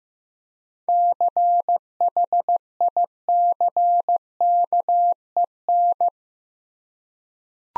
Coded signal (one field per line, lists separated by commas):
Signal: Morse code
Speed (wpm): 15 wpm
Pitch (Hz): 700 Hz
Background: none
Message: CHICKEN